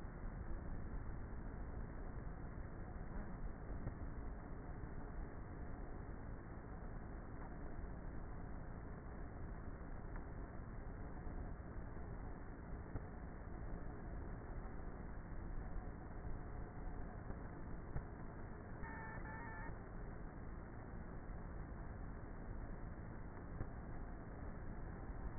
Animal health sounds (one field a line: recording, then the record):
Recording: honeybee colony, microphone inside the hive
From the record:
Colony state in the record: queenless with a low population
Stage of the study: before two queens were removed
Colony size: about 30,000 bees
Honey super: no